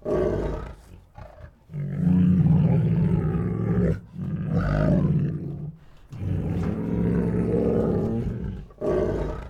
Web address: Sound Ideas Tigers Sound Effects Two Tigers Make Deep Defiant Growls